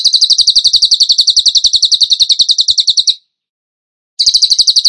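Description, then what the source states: Bird song: very fast, shrill high trill held for about three seconds, a pause of about a second, then the trill starts again. Masteran (training recording) of bird song in tembakan gacor style.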